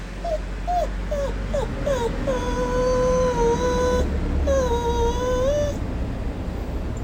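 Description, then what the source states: Hokkaido dog whimpering in a series of high, wavering whines, short ones at first and then long drawn-out cries, with steady low background rumble. Hokkaido dog Fuyuichiro whining for breakfast in the morning; owner asks if it is that hungry.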